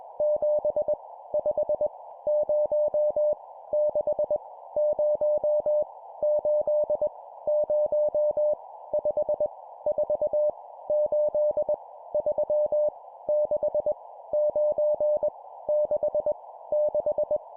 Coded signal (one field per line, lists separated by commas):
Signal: Morse code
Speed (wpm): 20 wpm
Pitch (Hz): 600 Hz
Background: none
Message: 7 5 0 6 0 8 0 5 4 8 3 6 9 6 6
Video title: 20wpm Random Numbers, improve cw morse code copy speed